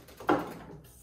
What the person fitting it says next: you hear it pop into place